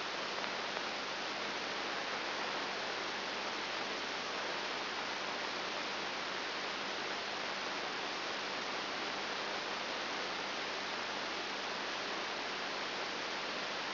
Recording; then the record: brain microelectrode recording played as sound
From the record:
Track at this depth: inside the subthalamic nucleus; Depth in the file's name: 1.704 mm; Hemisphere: left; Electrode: 3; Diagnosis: Parkinson's disease